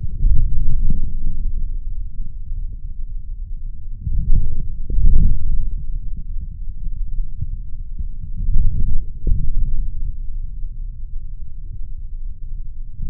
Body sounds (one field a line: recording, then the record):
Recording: forearm muscle sounds (acoustic myography)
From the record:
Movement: forearm pronation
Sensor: system 3, bracelet of six PUI Audio POM-2738L microphones around the upper forearm, with dedicated amplification and filtering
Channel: 5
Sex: male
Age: 26 years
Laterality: right